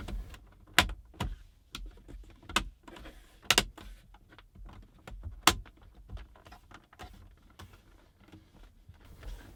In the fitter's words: and just give it a firm push all the way around and make sure that all of the clips snap into place and finally